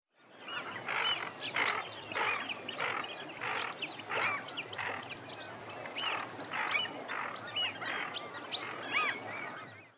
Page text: Jelmer Poelstra - Хохлатая чернеть (Aythya fuligula)